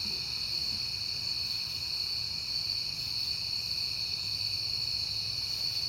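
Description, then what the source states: Crickets produce a sustained shrill chorus of layered trills at constant pitch; a low rumble sits quietly below. Crickets at night in September, on a peaceful night.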